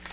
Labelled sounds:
Nashville Warbler flight call

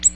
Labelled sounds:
Ovenbird flight call

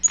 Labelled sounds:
Black-throated Green Warbler flight call

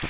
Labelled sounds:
Hooded Warbler flight call

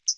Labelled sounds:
Hooded Warbler flight call

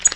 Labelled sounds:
Tennessee Warbler flight call

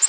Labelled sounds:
Nashville Warbler flight call

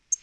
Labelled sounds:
Tennessee Warbler flight call

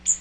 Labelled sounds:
Magnolia Warbler flight call

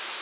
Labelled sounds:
Nashville Warbler flight call

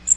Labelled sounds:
Magnolia Warbler flight call

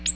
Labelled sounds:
Ovenbird flight call

